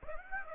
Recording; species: mosquito wingbeat signal from an infrared sensor; Aedes aegypti